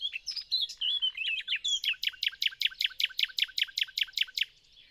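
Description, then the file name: Common nightingale: a few twisting chirps, then many loud, evenly repeated downslurred notes in a quick steady series. "Luscinia megarhynchos"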